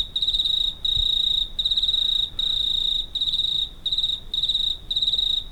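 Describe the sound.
Cricket calling with a bright high trill delivered in repeated bursts, with short breaks between them.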